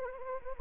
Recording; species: mosquito wingbeat signal from an infrared sensor; Anopheles arabiensis